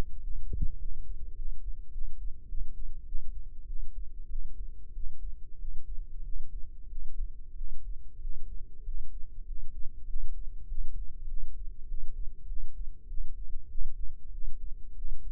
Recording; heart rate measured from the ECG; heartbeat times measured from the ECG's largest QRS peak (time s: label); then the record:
heart sounds by microphone in the left ear; 98 bpm
0.19 s: heartbeat
0.76 s: heartbeat
1.33 s: heartbeat
1.90 s: heartbeat
2.46 s: heartbeat
3.04 s: heartbeat
3.65 s: heartbeat
4.27 s: heartbeat
4.92 s: heartbeat
5.56 s: heartbeat
6.22 s: heartbeat
6.87 s: heartbeat
7.54 s: heartbeat
8.19 s: heartbeat
8.82 s: heartbeat
9.44 s: heartbeat
10.06 s: heartbeat
10.66 s: heartbeat
11.26 s: heartbeat
11.86 s: heartbeat
12.45 s: heartbeat
13.06 s: heartbeat
13.67 s: heartbeat
14.30 s: heartbeat
14.94 s: heartbeat
From the record:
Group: healthy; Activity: rest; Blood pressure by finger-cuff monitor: 107/78 mmHg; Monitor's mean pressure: 88 mmHg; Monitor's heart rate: 95 bpm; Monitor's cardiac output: 7.4 L/min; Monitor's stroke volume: 76 mL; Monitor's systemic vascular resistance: 860 dyn s/cm5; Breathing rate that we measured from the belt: 16 breaths a minute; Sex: male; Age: 19 years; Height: 178 cm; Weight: 83 kg